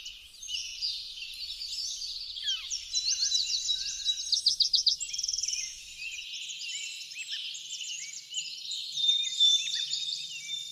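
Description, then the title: Birds singing in a busy chorus of high chirps, trills and twitters, with a rapid rattling trill around the middle. Backyard setting. "Backyard Birds - Ambient Nature Bird Sounds"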